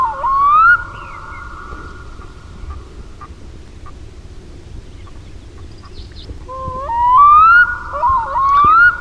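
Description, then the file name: Black-throated loon: one rising clear wail at the start, a long quiet gap with faint background hiss, then two more upslurred wailing phrases near the end. "KUIKKA"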